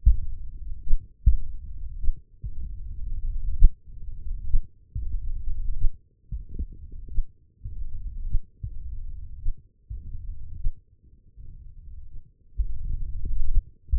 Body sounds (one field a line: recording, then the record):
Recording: forearm muscle sounds (acoustic myography)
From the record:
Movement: tripod grip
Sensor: system 1, eight BSWA MPA416 microphones around the upper forearm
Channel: 5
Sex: male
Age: 42 years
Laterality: right